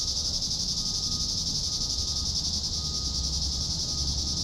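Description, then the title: Cicadas droning in an unbroken high buzz, joined by a thin steady tone lower down and some low rumble. "neoscenes: cicadas"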